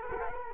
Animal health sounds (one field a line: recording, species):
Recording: mosquito wingbeat signal from an infrared sensor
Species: Culex quinquefasciatus